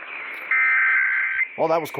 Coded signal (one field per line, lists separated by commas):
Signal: Emergency Alert System (SAME) tones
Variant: header bursts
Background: speech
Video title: GOODBYE 2018... EAS Alerts from 12/4/18 - 12/26/18 (EAS #1,942 - 1,963)